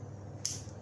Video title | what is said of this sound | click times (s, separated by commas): printer argo pada taxi | Kita masukkan kertas yang baru. Sampai terdengar klik | 0.5 s